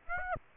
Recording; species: mosquito wingbeat signal from an infrared sensor; Aedes aegypti